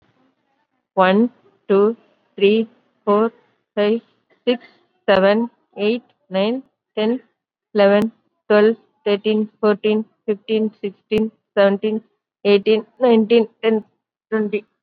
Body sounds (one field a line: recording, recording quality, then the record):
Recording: counting at a fast pace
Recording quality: excellent, no background noise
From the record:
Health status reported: COVID-19 positive, moderate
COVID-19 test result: positive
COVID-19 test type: RT-PCR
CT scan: taken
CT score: 11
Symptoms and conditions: cough, fever, fatigue, muscle pain, loss of smell and taste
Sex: female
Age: 57 years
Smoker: no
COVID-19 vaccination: one dose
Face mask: worn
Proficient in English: no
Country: India